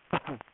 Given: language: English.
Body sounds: throat vibration sensor signal played as sound; cough

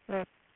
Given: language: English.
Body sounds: throat vibration sensor signal played as sound; speech

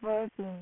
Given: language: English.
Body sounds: throat vibration sensor signal played as sound; speech

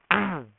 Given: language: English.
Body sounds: throat vibration sensor signal played as sound; throat clearing

